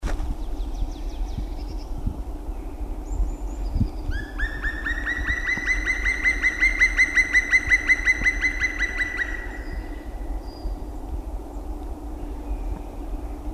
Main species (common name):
Black Woodpecker